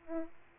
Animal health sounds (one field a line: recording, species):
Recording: mosquito wingbeat signal from an infrared sensor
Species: Aedes aegypti